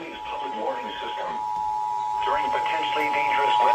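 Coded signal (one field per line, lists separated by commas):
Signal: Emergency Alert System (SAME) tones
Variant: 853 and 960 Hz attention tone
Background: speech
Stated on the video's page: Required weekly test broadcast on NOAA weather radio station WXL70.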